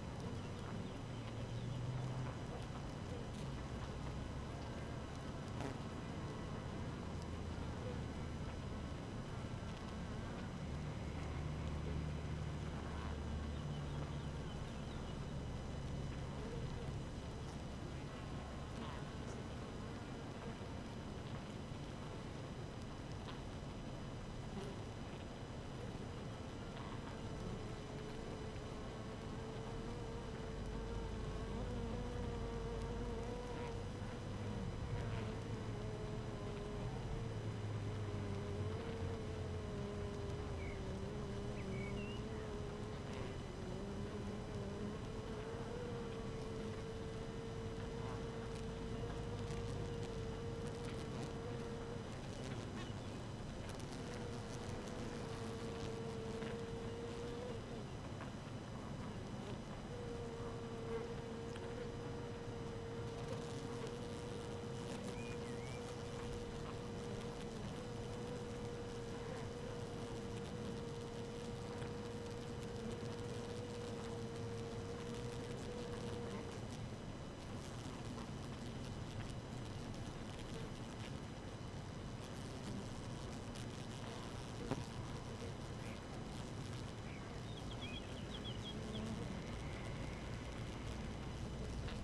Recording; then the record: honeybee colony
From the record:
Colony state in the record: active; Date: 12 June 2018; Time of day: 5:45